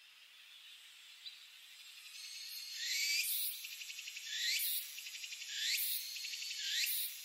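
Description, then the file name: Walker's cicada song building from faint buzzing into rising sweeps with pulsed buzzy phrases between, repeating every second or so. Recorded 18 August 2004. "040818 tukutukuhousi"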